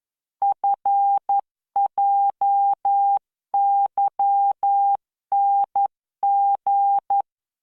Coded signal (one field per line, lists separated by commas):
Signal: Morse code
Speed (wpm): 11 wpm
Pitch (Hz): 800 Hz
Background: none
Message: FJYNG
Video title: tamanのモールス練習動画7（モールス信号 速度11WPM スペース標準）Learn Morse Code